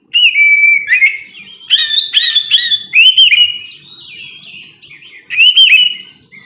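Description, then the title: Oriental magpie-robin song: loud, clear whistled phrases with sliding notes, delivered in bursts separated by quieter twittering. "kacer"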